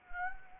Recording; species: mosquito wingbeat signal from an infrared sensor; Anopheles gambiae